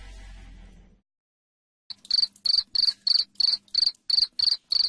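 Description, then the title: Cricket chirping, a run of loud, high, evenly spaced pulses, starting after a second of low hum and a short silence. Loud cricket chirping played to make lovebirds sing continuously. "Suara JANGKRIK NGERIK Keras Bikin LOVEBIRD Jadi NGEKEK Terus Vubey"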